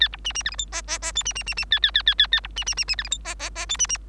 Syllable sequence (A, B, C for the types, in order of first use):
A B C C D E F G G G H C C C C A A A A A A B C C C C D E F G G G H C C